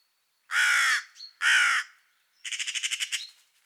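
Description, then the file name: Carrion crow delivering two long, rough caws, then a quick stuttering rattle of many clipped notes that fades out. "Corvus corone"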